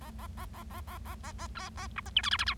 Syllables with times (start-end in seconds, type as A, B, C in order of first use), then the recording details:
0.01-0.10 A, 0.19-0.27 A, 0.37-0.45 A, 0.53-0.63 A, 0.70-0.80 A, 0.87-0.98 A, 1.05-1.15 A, 1.24-1.32 A, 1.39-1.47 A, 1.55-1.69 A, 1.77-1.87 A, 1.96-2.00 B, 2.06-2.10 C, 2.16-2.21 D, 2.23-2.29 E, 2.31-2.37 F, 2.39-2.44 F, 2.46-2.54 G. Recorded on 25 March 2012 at 11:21. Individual gy6or6